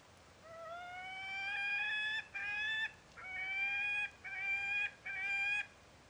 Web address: sound Gyrfalcon. صدای-پرنده-شنقار